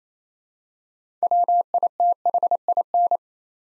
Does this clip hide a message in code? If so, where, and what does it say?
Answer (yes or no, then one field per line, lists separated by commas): yes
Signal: Morse code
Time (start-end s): 1.2-3.2 s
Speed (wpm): 28 wpm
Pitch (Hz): 700 Hz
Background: none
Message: WITHIN